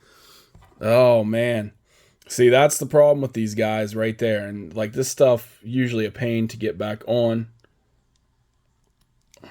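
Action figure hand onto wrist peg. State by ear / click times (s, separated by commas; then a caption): not seated / none. Someone talks while pushing a popped-off plastic hand back onto the wrist peg of a bootleg Dragon Ball Z S.H. Figuarts action figure (Gohan or Krillin). After the talking stops, a few faint, sharp ticks come at about 7.6, 8.2, 9.0 and 9.2 seconds. The hand has not clicked or seated, and it is still not on despite a lot of pressure.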